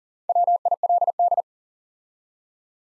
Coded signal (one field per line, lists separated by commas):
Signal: Morse code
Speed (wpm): 42 wpm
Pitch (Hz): 700 Hz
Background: none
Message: WILD